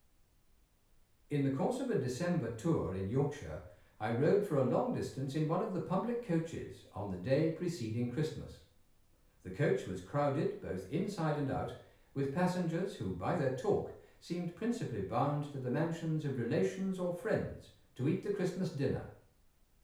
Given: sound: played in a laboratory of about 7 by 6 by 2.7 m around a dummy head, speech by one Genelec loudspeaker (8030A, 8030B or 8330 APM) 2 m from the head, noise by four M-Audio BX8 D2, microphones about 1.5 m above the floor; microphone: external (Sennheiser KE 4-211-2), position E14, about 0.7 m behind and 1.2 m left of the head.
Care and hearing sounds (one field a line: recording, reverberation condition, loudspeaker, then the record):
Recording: male speech in English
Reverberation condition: medium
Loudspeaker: 120 degrees to the right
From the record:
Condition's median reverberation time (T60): about 510 ms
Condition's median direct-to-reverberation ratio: about -0.5 dB